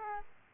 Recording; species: mosquito wingbeat signal from an infrared sensor; Aedes aegypti